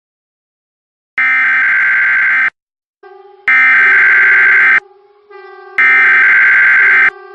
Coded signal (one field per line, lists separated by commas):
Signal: Emergency Alert System (SAME) tones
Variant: header bursts